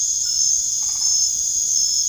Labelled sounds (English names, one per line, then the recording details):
none
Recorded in secondary vegetation near Puerto Asís, Putumayo, Colombia, on 24 March 2025 at 23:30
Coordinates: 0.489, -76.322
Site G042